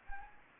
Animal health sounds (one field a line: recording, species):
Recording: mosquito wingbeat signal from an infrared sensor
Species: Anopheles arabiensis